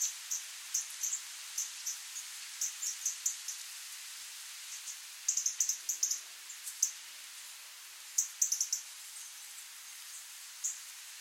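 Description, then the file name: European robin uttering sharp, very high thin notes, repeated irregularly in short runs, louder clusters near the middle and end, over soft background hiss. "Erithacus rubecula - European Robin"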